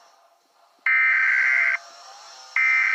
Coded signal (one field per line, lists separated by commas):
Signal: Emergency Alert System (SAME) tones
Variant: header bursts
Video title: EAS Scenario 1:Blood Cats